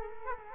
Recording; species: mosquito wingbeat signal from an infrared sensor; Culex quinquefasciatus